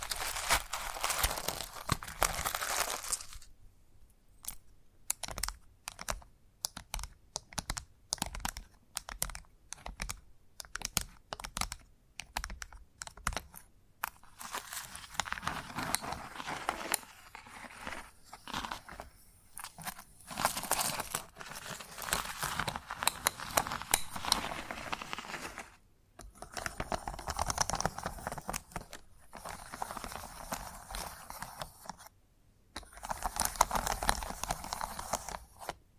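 Chalk tapping and scratching on a hard surface, with long dry scrapes at the start and around 14–20 and 26–36 seconds. Between them come rapid, irregular clicks and taps, dense and bright, separated by brief silent gaps.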